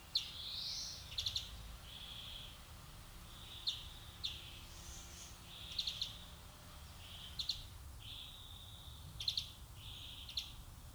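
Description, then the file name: European greenfinch calls: short rattling trills alternating with drawn-out buzzy wheezes, several repeated throughout against a steady hiss of background noise. "Chloris chloris"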